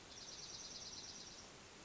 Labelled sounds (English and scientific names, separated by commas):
Dark-eyed Junco (Junco hyemalis)